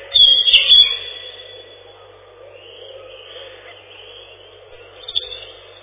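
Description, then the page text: European robin song: a quick phrase of high, jumbled twittering at the start, then quiet hiss and a faint short note near the end. "Зарянка, или реполов, или малиновка - Erithacus rubecula"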